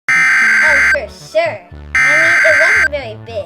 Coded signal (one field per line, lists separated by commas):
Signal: Emergency Alert System (SAME) tones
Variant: header bursts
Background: speech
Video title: EAS #22 (Tornado Warning)